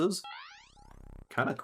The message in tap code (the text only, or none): none